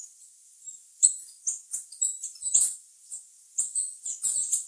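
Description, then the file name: Green-and-gold tanager song: very high, thin, sibilant twitters in short bursts of hissy notes, clustered loosely, with a short pause between groups. "canto da saira ouro"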